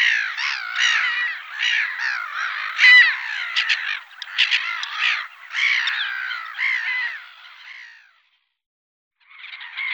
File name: gabbiano comune